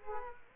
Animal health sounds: mosquito wingbeat signal from an infrared sensor; Culex quinquefasciatus

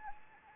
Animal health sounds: mosquito wingbeat signal from an infrared sensor; Anopheles arabiensis

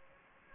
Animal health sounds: mosquito wingbeat signal from an infrared sensor; Aedes aegypti

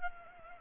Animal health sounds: mosquito wingbeat signal from an infrared sensor; Culex pipiens

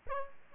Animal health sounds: mosquito wingbeat signal from an infrared sensor; Aedes aegypti

